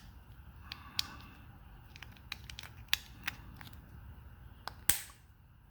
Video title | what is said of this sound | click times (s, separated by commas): Cadillac XT5 Key Fob Battery Replacement Guide | yep just snap right in | 4.9 s